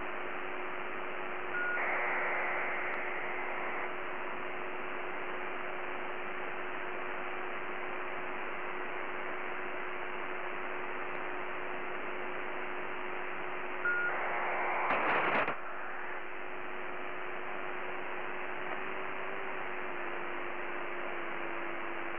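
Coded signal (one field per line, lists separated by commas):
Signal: ACARS aircraft data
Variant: HFDL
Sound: radio hiss with two brief data bursts, each a short tone then rough buzzing noise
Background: radio static, low hum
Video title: HF ACARS USB 5514kHz Molokai Hawaii Asia pacific night time map result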